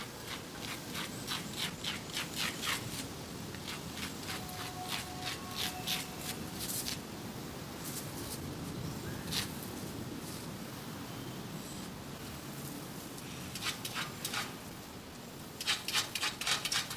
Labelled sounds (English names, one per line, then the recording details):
Indian Crested Porcupine
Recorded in captivity
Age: adult
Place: Tierpark Wolgast, Mecklenburg-Vorpommern, DE
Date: 1983-09-19 11:43
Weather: overcast, 16°C
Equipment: Nagra SN, Sennheiser MKH 416 T, Kopie Uher 4000 Report Monitor
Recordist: Tembrock, Günter
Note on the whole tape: Weißschwanzstachelschwein (Hystrix leucura). Schnaufen und Scharren